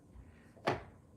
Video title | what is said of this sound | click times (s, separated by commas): Gifts for the holidays | like so. I don't even think it locks in place. Yeah, it doesn't. | none